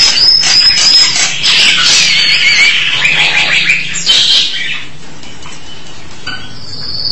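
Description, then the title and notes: Starling song of noisy, churring chatter with a few whistled notes, loud for about four seconds and then fading to quieter scratchy sounds. "suara burung jalak"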